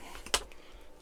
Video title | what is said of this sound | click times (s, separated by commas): Hachette build the Lancaster Bomber B III Stages 95 and 96 | that little click. | 0.4 s